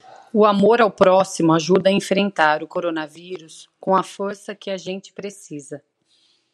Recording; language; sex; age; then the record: spoken sentence; Brazilian Portuguese; female; 40 to 49 years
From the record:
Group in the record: control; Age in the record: 40 years